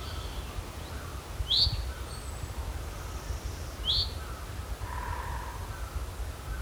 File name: Fringilla coelebs